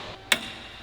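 A torque wrench on the crank hub bolt of an engine pulled from a Stage 2 McLaren is pulled again during a precautionary torque check, since crank hubs on these cars can slip and this one had been loose. A single sharp click sounds at 0.3 s over quiet background noise as the wrench reaches its 300 Nm setting, confirming the bolt is at torque spec.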